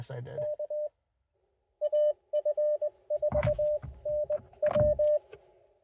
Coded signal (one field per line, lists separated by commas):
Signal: Morse code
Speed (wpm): 22 wpm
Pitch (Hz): 590 Hz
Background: speech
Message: K AF4NW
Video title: QRP CQ POTA at Oakley Corners State Forest with the IC 705